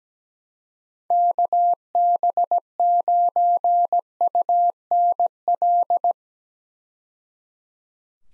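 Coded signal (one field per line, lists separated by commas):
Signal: Morse code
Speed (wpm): 17 wpm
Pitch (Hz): 700 Hz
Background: none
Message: KB9UNL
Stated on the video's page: Morse practice of 6-character US call signs at 17 wpm, each sent, then spoken, then sent again, for head-copy.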